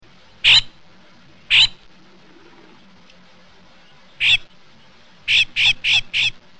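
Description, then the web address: California scrub-jay calls, harsh raspy notes, two single calls spaced a second apart, then one more and a quick run of four. Recorded in northwest California. "nwcal SCJA"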